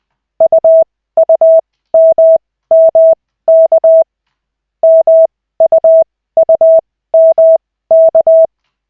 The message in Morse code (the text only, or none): UUMMK MUUMK